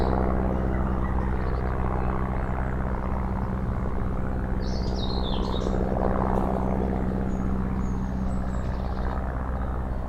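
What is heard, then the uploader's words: An old-style biplane drones overhead, its steady, low propeller hum filling the whole clip and swelling slightly near the middle before easing. A bird chirps briefly around the five-second mark, with a few faint high calls later. Birdsong and passing, buzzing insects in an eco-park in central Oxford.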